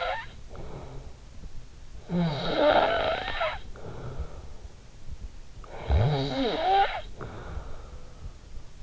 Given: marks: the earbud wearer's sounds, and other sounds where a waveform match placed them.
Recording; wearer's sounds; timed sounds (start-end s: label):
sounds in sleep by an in-ear microphone; snoring breath
0.00-8.83 s: snoring breath